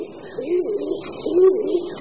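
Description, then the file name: Stock dove cooing, two low hollow coos within two seconds. "Holub-doupňák"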